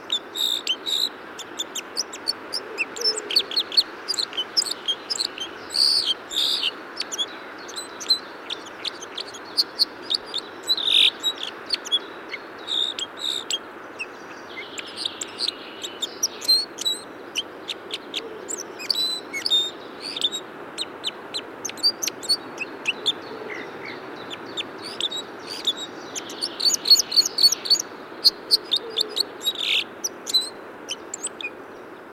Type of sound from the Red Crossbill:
song